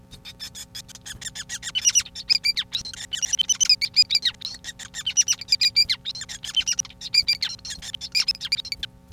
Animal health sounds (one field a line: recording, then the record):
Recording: song of a male Bengalese finch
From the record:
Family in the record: son of father 5